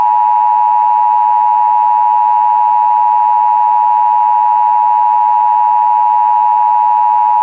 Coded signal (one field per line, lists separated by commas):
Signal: Emergency Alert System (SAME) tones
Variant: 853 and 960 Hz attention tone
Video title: The National EAS Test Hijackings of 2011 (NOAA Weather Radio Retransmission) FOUND FOOTAGE/EAS MOCK